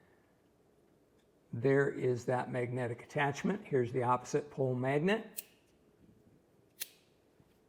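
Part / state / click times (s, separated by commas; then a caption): magnetic headlight onto dental loupe frame mount / seated / 6.8 s. Someone talks while a wireless ILLUCO headlight is brought to the magnetic mount on an ILLUCO dental loupe frame. At 6.8 s the opposite-pole magnet pulls the light home with a single sharp snap, and it is seated firmly in place.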